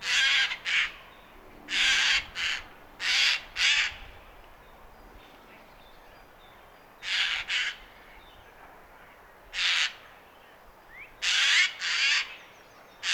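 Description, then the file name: Eurasian jay gives harsh, rasping screeches singly or in short clusters of two, with a calm pause in the middle before the calls resume. "Garrulus glandarius"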